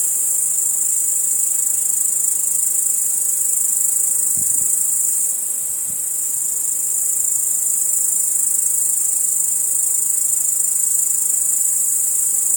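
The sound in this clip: Crickets chirping in a continuous, very high-pitched chorus that stays steady throughout, with a few faint low thumps midway.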